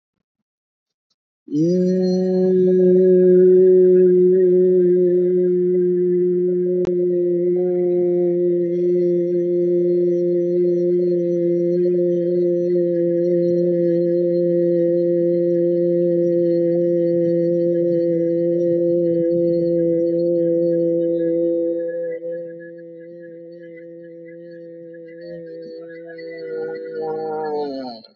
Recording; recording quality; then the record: sustained vowel as in beet; excellent, no background noise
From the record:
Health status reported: recovered from COVID-19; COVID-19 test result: negative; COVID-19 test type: RT-PCR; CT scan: not taken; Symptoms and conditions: none ticked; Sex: male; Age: 48 years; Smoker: no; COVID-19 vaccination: both doses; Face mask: not worn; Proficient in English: no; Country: India